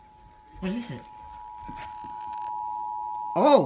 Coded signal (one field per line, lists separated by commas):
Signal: Emergency Alert System (SAME) tones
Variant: 853 and 960 Hz attention tone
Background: speech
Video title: Virginia pulls a fast one and issues a CAE(EAS 370-376)